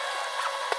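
A 14 mm OSB floor panel, 1.70 m by 60 cm, is being fitted into the neighbouring panel's tongue-and-groove joint over an old wooden floor to level it. A steady broadband hiss runs throughout, with faint knocks around 0.4 s and 0.45 s and a sharper, low thud at 0.7 s. Nothing has seated or gone home yet.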